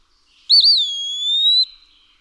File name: Eastern Wood-pewee